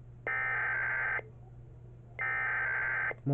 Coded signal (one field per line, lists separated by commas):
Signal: Emergency Alert System (SAME) tones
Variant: header bursts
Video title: EAS 1219: Montana Amber Alert